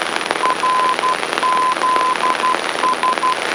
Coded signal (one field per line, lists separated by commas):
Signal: Morse code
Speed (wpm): 12 wpm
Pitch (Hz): 1020 Hz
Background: none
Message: RZS